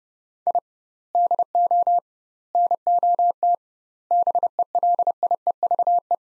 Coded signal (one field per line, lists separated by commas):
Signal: Morse code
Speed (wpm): 30 wpm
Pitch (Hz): 700 Hz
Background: none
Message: I DO NOT BELIEVE